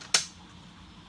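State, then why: Seated. A plastic door frame piece from a FrogFace v4 vertical terrarium conversion kit for an Aqueon 20 gallon high aquarium is pressed onto the top edge of the glass. A single sharp snap at 0.2 s shows it popping on and seating, followed by quiet low background noise.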